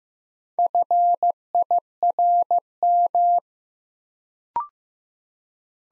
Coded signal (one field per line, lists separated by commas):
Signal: Morse code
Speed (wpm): 15 wpm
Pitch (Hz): 700 Hz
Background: none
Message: FIRM